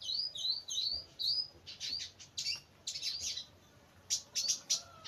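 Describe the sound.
Bird chirps: rising high whistled notes in quick succession, then bursts of sharp twittering chirps at a high pitch, with brief pauses between bursts.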